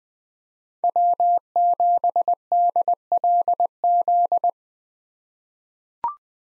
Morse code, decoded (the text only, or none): W7DLZ